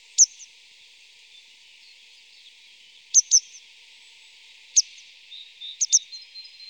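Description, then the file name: Grey wagtail giving sharp, high single and doubled 'tzit' notes at irregular intervals, with a constant hiss behind. "Gebirgsstelze"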